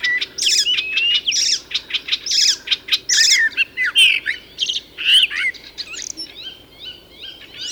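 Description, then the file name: Common blackbird singing loud phrases of clear whistled notes followed by high twittering flourishes, several phrases in quick succession with short gaps between them. "Turdus merula"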